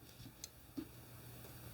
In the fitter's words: press it gently and you'll hear a pop.